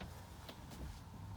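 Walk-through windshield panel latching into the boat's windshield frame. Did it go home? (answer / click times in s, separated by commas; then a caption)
no / none. The walk-through windshield panel on the bow of a 2022 Sea Ray SPX 190 is being swung over toward the boat's windshield frame to latch closed. Steady low rumbling noise is heard, with a brief faint burst near 0.5 s. Nothing has latched or seated yet.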